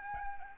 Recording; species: mosquito wingbeat signal from an infrared sensor; Aedes albopictus